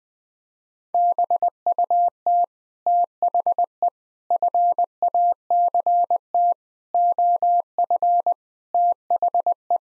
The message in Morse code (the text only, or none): BUT THE FACT OF THE